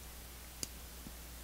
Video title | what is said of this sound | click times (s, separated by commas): NEW Folder Design! Vosteed Raccoon Budget EDC Button Lock | you can hear it snap | 0.6 s